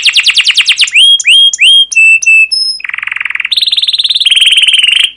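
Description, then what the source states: Canary song: rapid repeated chirps, then sweeping whistled notes and flat tones, followed by long buzzy rolling trills at changing pitch. Canary song used as a lure to train other canaries; described as long, energetic rolling song with 'cuit cuit' notes.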